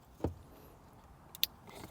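A second plastic harness connector from a Beat-Sonic amplifier kit is pushed home into the vehicle wiring plug of a Lexus IS without navigation. A dull low thump comes at 0.2 s, then a faint tick and a sharp bright click at 1.4 s as the connector seats fully. It must go all the way in, because a partly inserted connector can cause lost steering wheel controls or errors on the screen.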